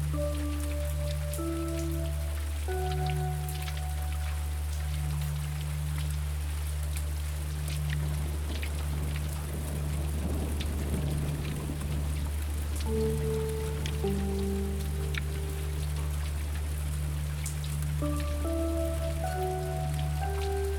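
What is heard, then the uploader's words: Rain falls steadily over a low, constant droning hum while gentle melodic notes step up and down, pausing briefly near the middle. Rain Falling and a Few Gentle Notes.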